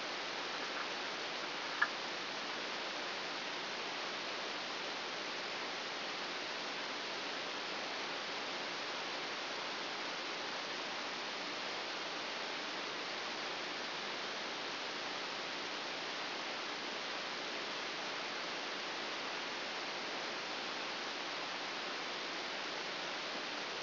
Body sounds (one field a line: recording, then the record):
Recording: brain microelectrode recording played as sound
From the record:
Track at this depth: outside the subthalamic nucleus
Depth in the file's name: 5.001 mm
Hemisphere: right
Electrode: 2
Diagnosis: Parkinson's disease